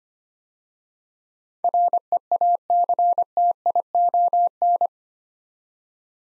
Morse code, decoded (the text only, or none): REACTION